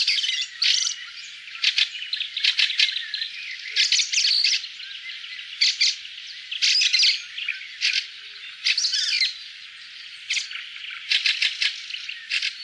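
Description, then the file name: Fieldfare producing repeated rough, grating chack calls in clusters, with squeaky, wheezy twittering between bursts throughout. "graatrost"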